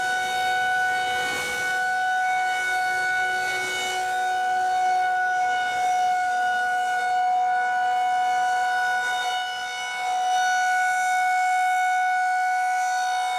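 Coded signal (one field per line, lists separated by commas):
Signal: siren signal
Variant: Federal Signal 2001-130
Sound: steady, unwavering siren tone rich in harmonics, swelling and fading slightly as it rotates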